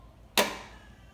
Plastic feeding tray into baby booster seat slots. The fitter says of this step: you would slide it into the slots right here until it clicks and now